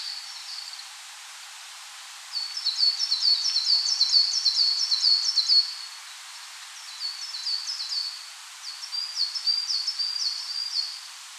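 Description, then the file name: Coal tit song, high thin two-note phrases repeated rapidly in bouts, a brief burst at the start, then longer runs after short pauses. "Parus ater"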